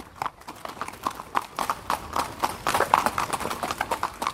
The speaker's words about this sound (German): Und dann kann es jetzt schon wieder losgehen und ich bin auf dem nächsten Pferd unterwegs.